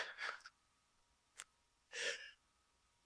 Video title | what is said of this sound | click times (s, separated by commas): Best LIGHTWEIGHT Tent? - Durston X-Dome - First Look & Mods 👀 | clicks into place on both sides. | 0.5 s, 1.4 s